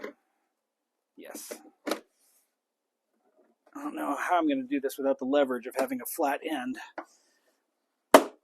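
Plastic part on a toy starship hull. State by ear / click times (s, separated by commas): seated / 8.1 s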